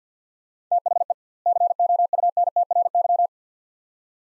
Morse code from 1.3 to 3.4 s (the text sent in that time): COUNTRY